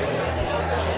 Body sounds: background sound without coughing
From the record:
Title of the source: CITY SOUNDS Busy Bar in the Evening Night - 2 HOURS of Ambiance for Relaxation

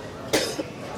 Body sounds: coughing mixed with background sound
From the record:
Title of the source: 55 gaggy wet cough

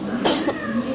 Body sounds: coughing mixed with background sound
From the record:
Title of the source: 61 morning phlegmy cough...again

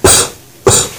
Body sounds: coughing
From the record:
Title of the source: Mid-morning Winter Coughing Fit

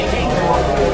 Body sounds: background sound without coughing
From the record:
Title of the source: Nightlife Party Simulating Party Club Noise 1 Hour

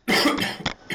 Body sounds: coughing mixed with background sound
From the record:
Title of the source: Man Coughing Sound - Wet Cough Sound Effect

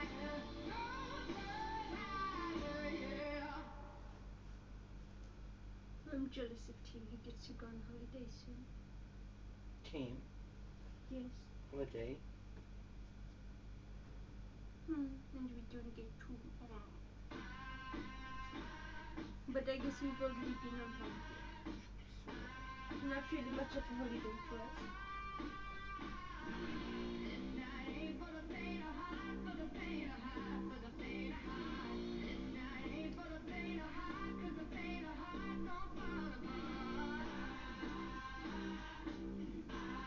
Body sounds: background sound without coughing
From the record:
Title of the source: BackgroundMusic2

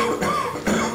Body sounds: coughing mixed with background sound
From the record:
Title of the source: Wet Throat Infection Cough

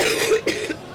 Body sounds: coughing mixed with background sound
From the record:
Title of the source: 60 coughing still (deep and wet cough)

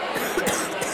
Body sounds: coughing mixed with background sound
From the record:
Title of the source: 30 Chesty and wet cough

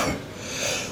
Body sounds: coughing mixed with background sound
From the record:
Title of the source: Spring Cold Coughing 3

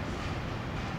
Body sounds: background sound without coughing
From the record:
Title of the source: 30 MINUTES Construction Site Ambience (CC BY 4.0)

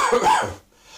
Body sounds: coughing mixed with background sound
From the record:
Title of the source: Spring Cold Coughing 2

